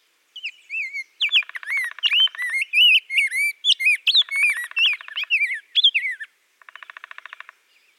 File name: Pheucticus ludovicianus - Rose-breasted Grosbeak